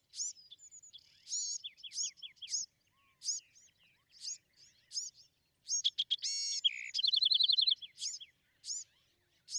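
Bewick's wren making repeated high sweeping notes and slurs, then a loud harsh burst leading into a rapid rattling trill.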